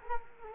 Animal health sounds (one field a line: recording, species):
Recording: mosquito wingbeat signal from an infrared sensor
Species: Culex quinquefasciatus